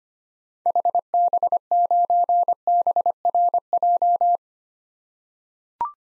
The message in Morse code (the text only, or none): HB9BRJ